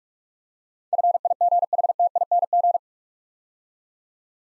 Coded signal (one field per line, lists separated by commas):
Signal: Morse code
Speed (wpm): 44 wpm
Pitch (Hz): 700 Hz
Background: none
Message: FIGHTING